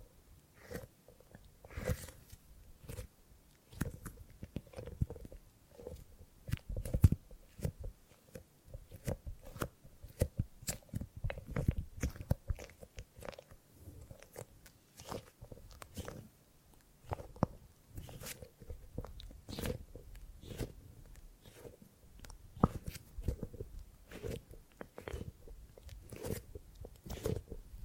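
Gripping and grabbing sounds: a busy run of short, dry crunching and rustling handling noises that come every fraction of a second for the whole half minute. Many have a bright snap on top of a low thump, with brief quieter gaps between clusters.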